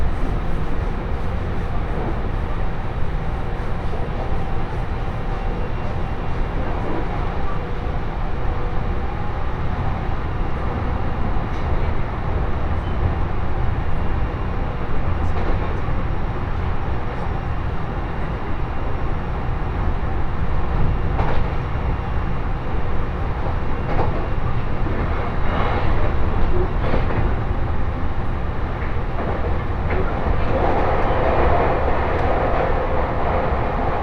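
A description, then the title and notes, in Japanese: A train journey on the Tohoku Main Line, heard from aboard: a dense, steady low rumble of wheels and carriage runs throughout at an even level. Brief clacks and knocks recur irregularly, with a brighter grinding swell near the end. 鉄道旅 東北本線 福島→北白川。列車はこの途中で福島県から宮城県へと入っていきます。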